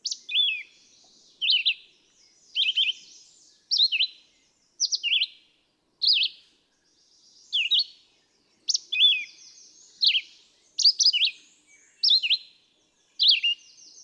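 Red-eyed vireo giving an unbroken string of short whistled phrases, about one per second.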